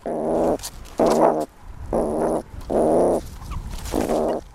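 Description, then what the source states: Meerkat begging calls: five harsh, buzzy, harmonic bursts of about half a second each, with short silences between. Begging call of a ten-week-old young meerkat; the call changes with age, so older colony members can judge the youngster's age and experience from afar.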